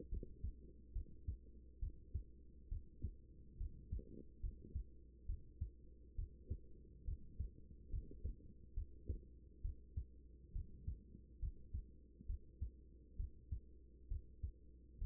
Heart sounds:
heart sounds by stethoscope; 68 bpm
0.09 s: heartbeat
0.92 s: heartbeat
1.79 s: heartbeat
2.68 s: heartbeat
3.57 s: heartbeat
4.40 s: heartbeat
5.26 s: heartbeat
6.15 s: heartbeat
7.04 s: heartbeat
7.90 s: heartbeat
8.74 s: heartbeat
9.61 s: heartbeat
10.52 s: heartbeat
11.39 s: heartbeat
12.26 s: heartbeat
13.16 s: heartbeat
14.08 s: heartbeat
14.98 s: heartbeat
From the record:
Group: healthy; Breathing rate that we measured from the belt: 16 breaths a minute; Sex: female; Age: 24 years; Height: 163 cm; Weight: 55.7 kg

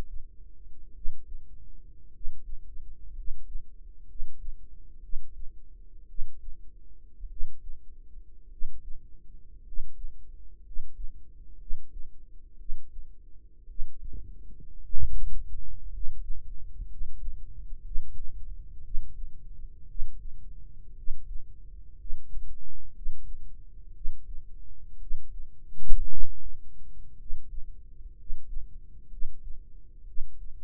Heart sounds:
heart sounds by microphone in the right ear; 58 bpm
0.91 s: heartbeat
2.09 s: heartbeat
3.11 s: heartbeat
4.04 s: heartbeat
4.98 s: heartbeat
6.05 s: heartbeat
7.26 s: heartbeat
8.47 s: heartbeat
9.60 s: heartbeat
10.60 s: heartbeat
11.56 s: heartbeat
12.55 s: heartbeat
13.65 s: heartbeat
14.79 s: heartbeat
15.87 s: heartbeat
16.84 s: heartbeat
17.81 s: heartbeat
18.80 s: heartbeat
19.84 s: heartbeat
20.92 s: heartbeat
21.94 s: heartbeat
22.91 s: heartbeat
23.91 s: heartbeat
24.96 s: heartbeat
26.06 s: heartbeat
27.14 s: heartbeat
28.13 s: heartbeat
29.07 s: heartbeat
30.03 s: heartbeat
From the record:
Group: healthy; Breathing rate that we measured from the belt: 10 breaths a minute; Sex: male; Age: 25 years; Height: 170 cm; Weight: 70.4 kg

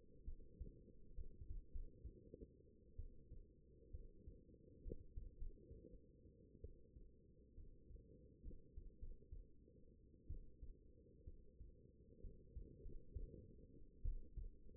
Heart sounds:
heart sounds by stethoscope; 65 bpm
0.24 s: heartbeat
1.14 s: heartbeat
1.70 s: heartbeat
2.96 s: heartbeat
3.91 s: heartbeat
4.81 s: heartbeat
5.36 s: heartbeat
6.61 s: heartbeat
7.54 s: heartbeat
8.42 s: heartbeat
8.98 s: heartbeat
10.27 s: heartbeat
11.24 s: heartbeat
12.20 s: heartbeat
12.81 s: heartbeat
14.02 s: heartbeat
From the record:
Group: healthy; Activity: rest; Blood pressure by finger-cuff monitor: 116/73 mmHg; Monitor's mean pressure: 87 mmHg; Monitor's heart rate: 64 bpm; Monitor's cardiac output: 5.6 L/min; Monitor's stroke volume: 81 mL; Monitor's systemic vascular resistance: 1100 dyn s/cm5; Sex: female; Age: 22 years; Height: 171 cm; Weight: 65.6 kg

